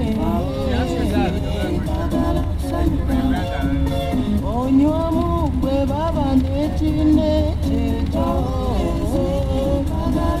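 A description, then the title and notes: Inside a car riding from the airport, a steady low engine and road rumble fills the whole ride. Over it, voices talk almost continuously, rising and falling in pitch like lively conversation or a radio, never pausing for long. Car ride from Kampala Airport. 4am.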